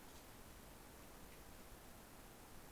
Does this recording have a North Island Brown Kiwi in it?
no